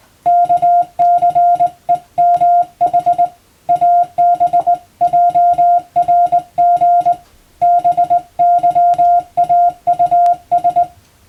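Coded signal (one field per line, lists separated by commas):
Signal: Morse code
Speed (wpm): 20 wpm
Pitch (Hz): 700 Hz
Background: music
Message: KCEMH ABJRG BYAUS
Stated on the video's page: Hand-keyed Morse code practice for the Japanese radio operator exam's telegraphy test, sending English-language telegram-format practice text.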